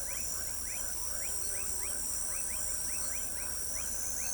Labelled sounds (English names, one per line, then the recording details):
none
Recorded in pastures near Pivijay, Magdalena, Colombia, on 2 June 2023 at 20:00
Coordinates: 10.456, -74.369
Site P6-G026